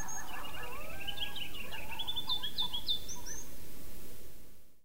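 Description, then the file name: Several coyotes giving quick overlapping yips and wavering yelps, fading out at the end, with a low steady background noise. Several coyotes yelling, recorded 5 May 2016. "yell-YELLCoyotes 20160505"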